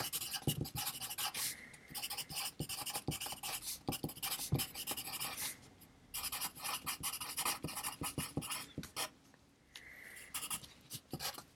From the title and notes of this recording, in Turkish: Sessiz odada 30 dakika boyunca kurşun kalem ve bilgisayar ile ders çalışma; ortam sesleri, beyaz gürültü alt yapısı, kurşun kalem, klavye, mouse sesleri...